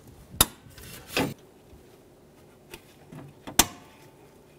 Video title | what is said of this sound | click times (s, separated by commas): How to Replace AC Condenser 2007-2011 Toyota Camry 2.4L I4 | on these connectors push until you hear a click if you don't hear a click give it a pull make sure it's locked on | 0.4 s, 3.6 s